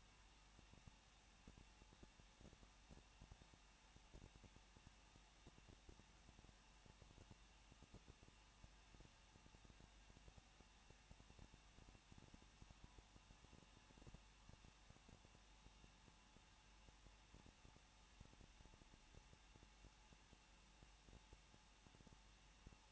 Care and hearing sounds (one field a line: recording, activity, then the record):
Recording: daily activity, microphone in the room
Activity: no activity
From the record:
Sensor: 1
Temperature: 20.1 degrees Celsius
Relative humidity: 39.0%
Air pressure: 1006.6 hPa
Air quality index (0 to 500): 216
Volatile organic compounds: 72 ppm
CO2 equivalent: 3533 ppm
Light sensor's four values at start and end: 1/2/1/1 and 1/2/1/1